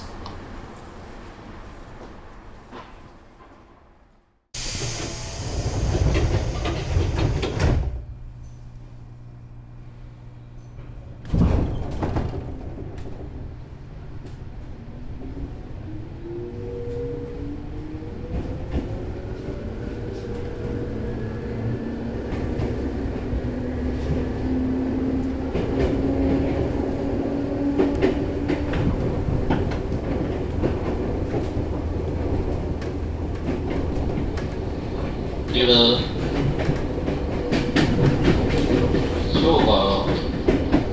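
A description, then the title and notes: A Tsurumi Line 205 Type train rumbles along after a sudden loud burst near five seconds, with rising motor whine and brief chimes near the end. Tsurumi Line 205 Type, Asano to Ohgimachi. This is the Tsurumi Line of JR East, which runs in the Keihin industrial area of Tokyo. 平日の日中に乗車したのでほぼ貸し切り状態でした. ZOOM H2.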